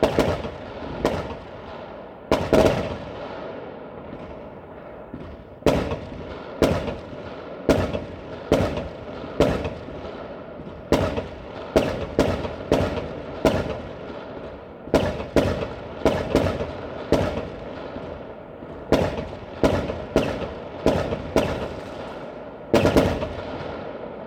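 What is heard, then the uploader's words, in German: New Year's Eve fireworks: sharp bangs and cracks burst out irregularly every second or so, some in quick pairs or clusters, each with a ringing decay. Between blasts a steady low rumble and hum of crowd and distant celebration continues throughout. Silvesternacht: Feuerwerk und Freude.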